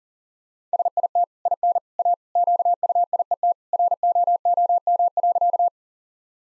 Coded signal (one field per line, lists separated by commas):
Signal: Morse code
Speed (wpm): 40 wpm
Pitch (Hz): 700 Hz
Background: none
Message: SIT IN A QUIET ROOM.